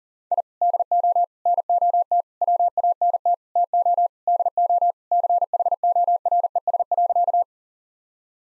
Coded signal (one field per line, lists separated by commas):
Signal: Morse code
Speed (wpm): 40 wpm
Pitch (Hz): 700 Hz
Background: none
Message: I DO NOT WANT TO DO CHORES.